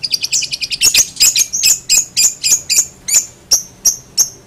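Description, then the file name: Long-tailed shrike song: rapid scratchy notes that settle into evenly repeated sharp chirps, about three per second, with a high ringing tone. Master song recording used for training songbirds. "cendet master. omkicau"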